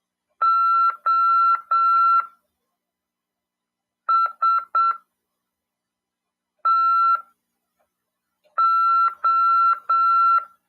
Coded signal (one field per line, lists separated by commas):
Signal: Morse code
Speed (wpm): 7 wpm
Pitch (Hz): 1350 Hz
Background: none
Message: OSTO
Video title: RADIOAMADOR 2ªEd. 5/12/2022 "AULA 40: CW, LEGIS e C.RODADA" FM 146.410 Mhz. PY2EXU PAULO CRASP/RAF.